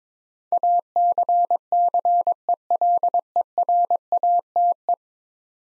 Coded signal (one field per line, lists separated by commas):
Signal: Morse code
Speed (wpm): 23 wpm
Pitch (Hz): 700 Hz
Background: none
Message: ACCELERATE